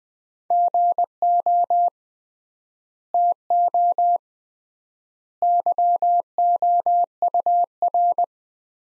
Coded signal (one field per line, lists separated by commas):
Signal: Morse code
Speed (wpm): 21 wpm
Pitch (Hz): 700 Hz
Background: none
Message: GO TO YOUR